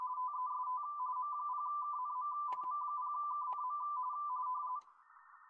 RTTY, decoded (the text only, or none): TEST M0KNM M0KNM